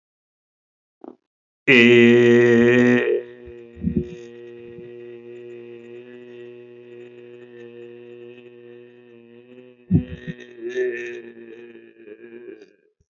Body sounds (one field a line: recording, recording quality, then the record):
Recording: sustained vowel as in made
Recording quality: excellent, no background noise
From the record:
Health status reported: healthy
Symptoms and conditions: hypertension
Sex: male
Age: 52 years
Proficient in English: yes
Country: India